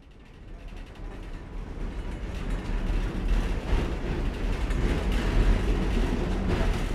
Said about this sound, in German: geht es in einer ratternden Tram aus sowjetischer Produktion von der schönen Altstadt Lwiws mit ihren schmucken Renaissance- und Barockhäusern auf der Schewtschenka-Straße zum nordwestlichen Stadtrand.